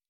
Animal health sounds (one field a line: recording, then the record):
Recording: hydrophone in a shrimp aquaculture tank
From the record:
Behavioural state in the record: normal